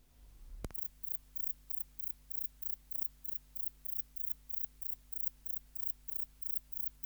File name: Platycleis albopunctata